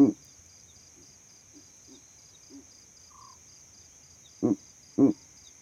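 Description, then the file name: Owl calling with a loud husky hoot at the start, a few soft low notes, then a loud pair of short husky hoots near the end, over a faint continuous high hiss. Owl calls at night. "Elijah Wagner - Calming Owl Calls at Night Pt 9"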